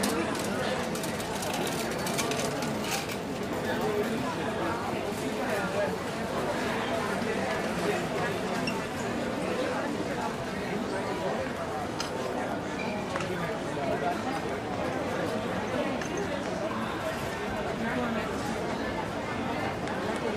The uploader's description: Restaurant Sounds